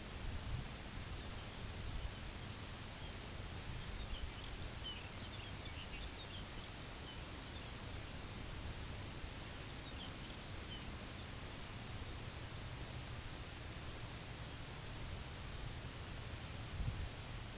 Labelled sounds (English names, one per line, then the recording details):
unidentified sound
Lapland Longspur
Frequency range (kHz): Lapland Longspur 1.5-5.5 kHz
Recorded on Arctic tundra, site UTQI-8, on 13 June 2019
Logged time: 04:00